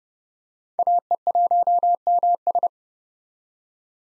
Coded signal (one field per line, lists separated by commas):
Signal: Morse code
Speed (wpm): 30 wpm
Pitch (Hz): 700 Hz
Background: none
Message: AE1MS